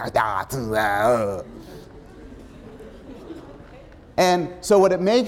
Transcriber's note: laughter